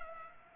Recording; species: mosquito wingbeat signal from an infrared sensor; Culex pipiens